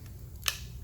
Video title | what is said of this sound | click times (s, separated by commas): Prolux RS4 Canister Vacuum -Unboxing, Assembly and Overview- | twist, and you'll hear it click, letting you know it's locked in place. | 0.5 s